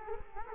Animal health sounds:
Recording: mosquito wingbeat signal from an infrared sensor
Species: Culex quinquefasciatus

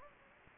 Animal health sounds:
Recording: mosquito wingbeat signal from an infrared sensor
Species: Anopheles gambiae

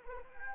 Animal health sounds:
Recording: mosquito wingbeat signal from an infrared sensor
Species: Anopheles arabiensis

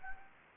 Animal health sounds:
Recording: mosquito wingbeat signal from an infrared sensor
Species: Anopheles gambiae

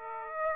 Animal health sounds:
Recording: mosquito wingbeat signal from an infrared sensor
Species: Aedes aegypti

